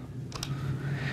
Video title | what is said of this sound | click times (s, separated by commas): Crosman Challenger - Filling with Compressed Air | you should hear it click when it makes a secure fitting and what i like to do is what i call a tug test | 0.4 s